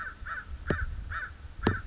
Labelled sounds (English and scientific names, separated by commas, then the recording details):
American Crow (Corvus brachyrhynchos)
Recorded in Sonoma County, California